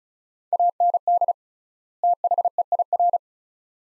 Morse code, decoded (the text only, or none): AND THEIR